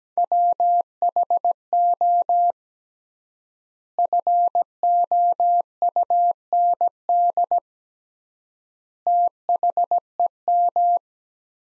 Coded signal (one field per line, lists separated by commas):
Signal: Morse code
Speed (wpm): 17 wpm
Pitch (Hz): 700 Hz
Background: none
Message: WHO FOUND THEM